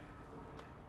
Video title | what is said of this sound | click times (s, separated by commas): How to Install and Test PreView Sentry on a Refuse Truck | the green wedge so that'll just push right in and snap into place just | 0.6 s